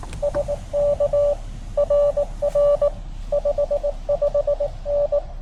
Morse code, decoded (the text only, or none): SK RR 55N